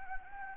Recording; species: mosquito wingbeat signal from an infrared sensor; Anopheles gambiae